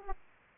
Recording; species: mosquito wingbeat signal from an infrared sensor; Aedes aegypti